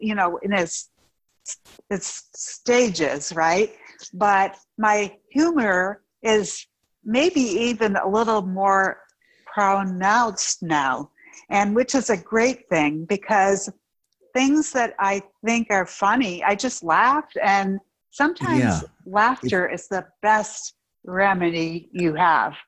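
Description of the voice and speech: An adult woman, in her fifties, speaks slowly and haltingly, with frequent pauses, stretched vowels and some weakened or devoiced consonants, yet she stays fluent in meaning. These sound-level errors and the effortful timing fit apraxia of speech with aphasia after a stroke caused by a ruptured brain arteriovenous malformation; her intellect is intact but her delivery sounds different, her mouth not knowing how to form words.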